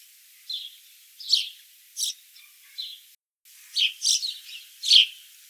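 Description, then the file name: House sparrow giving several short bright chirps, irregularly spaced, with a brief dropout midway and no other clear sounds. "Passer domesticus"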